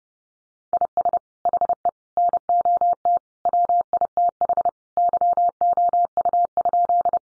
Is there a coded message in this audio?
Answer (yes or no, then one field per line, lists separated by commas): yes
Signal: Morse code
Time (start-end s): 0.7-7.2 s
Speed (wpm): 30 wpm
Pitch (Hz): 700 Hz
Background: none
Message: IS HE NOT WITH YOU?